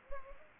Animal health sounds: mosquito wingbeat signal from an infrared sensor; Anopheles arabiensis

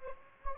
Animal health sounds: mosquito wingbeat signal from an infrared sensor; Anopheles gambiae

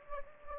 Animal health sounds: mosquito wingbeat signal from an infrared sensor; Anopheles gambiae

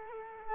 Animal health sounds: mosquito wingbeat signal from an infrared sensor; Culex quinquefasciatus

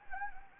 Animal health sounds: mosquito wingbeat signal from an infrared sensor; Anopheles gambiae

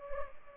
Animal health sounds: mosquito wingbeat signal from an infrared sensor; Culex pipiens

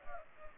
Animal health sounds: mosquito wingbeat signal from an infrared sensor; Culex pipiens

